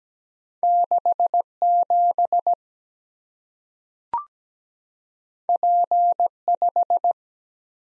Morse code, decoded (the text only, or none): 67 P5